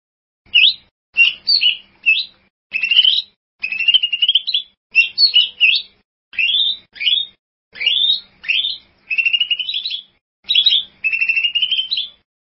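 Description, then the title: Bird song of steady repeated phrases, each a quick upswept whistle or short rising trill, about one per second. "burung online"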